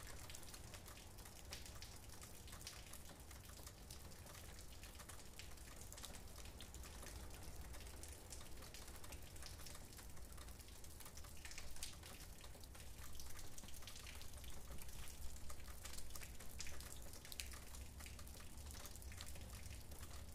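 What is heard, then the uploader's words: Steady rain falls with a dense patter of drops, many small crisp taps spread evenly across the whole stretch. A low rumble runs underneath throughout, and the rain grows slightly louder and busier from about twelve seconds on, with a faint steady tone entering midway. Rainy Day in England. Rain sound from England nature.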